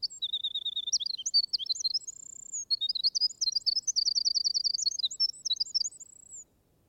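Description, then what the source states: Winter Wren delivering a loud, quick sequence of high tinkling trills and drawn-out whistled notes, with a brief pause midway, before stopping. Library recording played in an audiobook; song very strong for so small a bird, brilliant and plaintive, like a tremulous vibrating tongue of silver, gushing and lyrical.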